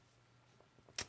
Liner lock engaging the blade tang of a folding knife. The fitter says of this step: there's very very little room for play there and uh yeah locks up really nice so